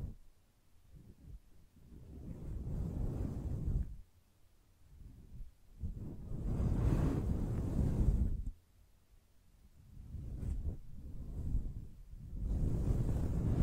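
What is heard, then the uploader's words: Soft, muffled brushing sweeps across the microphone in slow passes of a second or two, each swelling and fading like a gust of wind. The strokes are low and rumbly with little brightness, separated by brief near-silent pauses, and there is no talking. ASMR Gently Brushing Your Brain (No Talking).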